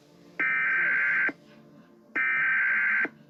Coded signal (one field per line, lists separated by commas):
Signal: Emergency Alert System (SAME) tones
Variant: header bursts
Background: speech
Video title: EAS interrupts bfb